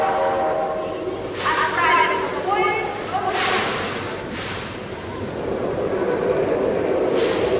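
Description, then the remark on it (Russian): A train idles at a Moscow railway station platform with a steady low rumble, broken by several sharp bursts of hissing air, while indistinct voices murmur underneath. “Мстислав Ивернев явился заранее на московский вокзал встретить своего учителя, профессора Андреева.”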